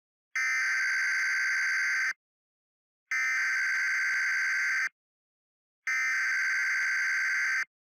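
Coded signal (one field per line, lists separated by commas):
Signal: Emergency Alert System (SAME) tones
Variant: header bursts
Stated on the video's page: Unfinished simulated EAS scenario.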